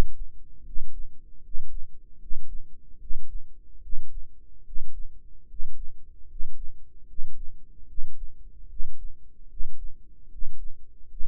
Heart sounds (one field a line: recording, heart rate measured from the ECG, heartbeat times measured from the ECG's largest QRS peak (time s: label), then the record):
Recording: heart sounds by microphone in the right ear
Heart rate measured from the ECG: 75 bpm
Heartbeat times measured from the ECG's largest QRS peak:
0.64 s: heartbeat
1.42 s: heartbeat
2.19 s: heartbeat
2.99 s: heartbeat
3.81 s: heartbeat
4.64 s: heartbeat
5.47 s: heartbeat
6.27 s: heartbeat
7.06 s: heartbeat
7.86 s: heartbeat
8.68 s: heartbeat
9.48 s: heartbeat
10.29 s: heartbeat
11.07 s: heartbeat
From the record:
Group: healthy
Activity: rest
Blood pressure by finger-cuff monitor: 111/70 mmHg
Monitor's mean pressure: 79 mmHg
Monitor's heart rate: 75 bpm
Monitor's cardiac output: 6.2 L/min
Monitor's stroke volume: 83 mL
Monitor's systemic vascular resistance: 910 dyn s/cm5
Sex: male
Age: 35 years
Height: 180 cm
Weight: 86.9 kg